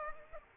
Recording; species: mosquito wingbeat signal from an infrared sensor; Aedes aegypti